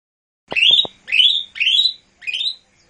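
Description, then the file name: Lesser green leafbird song: four loud upward-sweeping whistles spaced roughly half a second apart, with a few faint clicks near the first note. "audio-cucak-hijau-mini-1-omkicau"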